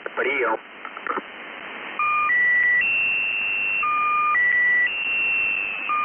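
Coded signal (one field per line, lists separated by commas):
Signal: channel marker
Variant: The Squeaky Wheel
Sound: short voice burst, then squeaky steady tones switching pitch every half second or so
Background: radio static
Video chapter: 01:21 channel maker start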